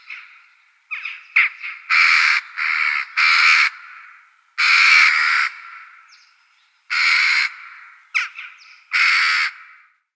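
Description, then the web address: Western jackdaw calls: loud harsh squawking notes, a run of three and then single notes, separated by short pauses, with softer chattering notes between some of them. "Schulze Peter Eurasian Jackdaw"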